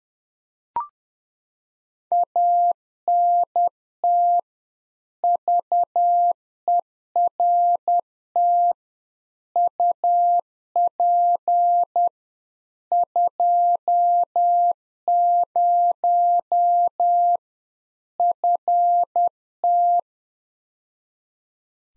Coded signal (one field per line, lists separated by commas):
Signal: Morse code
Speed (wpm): 10 wpm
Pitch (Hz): 700 Hz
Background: none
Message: ANT VERT UP 20 FT